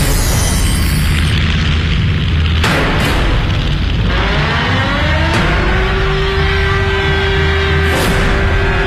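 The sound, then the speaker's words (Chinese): An air raid by a formation of Japanese bombers over Kunming, Yunnan, China, on 10 May 1942, with bombs exploding: several sharp, heavy blasts burst out over a constant low roar, while a whining tone climbs and then holds steady. No one speaks. “1942年5月10号这一天，侵华日军的轰炸机编队再一次出现在昆明的上空。”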